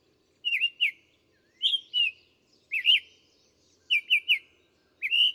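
Bird song: five brief phrases of two or three looping whistled notes with high ticks, roughly a second apart in quiet surroundings.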